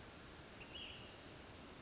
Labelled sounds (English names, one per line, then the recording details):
Ash-throated Flycatcher
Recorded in Sonoma County, California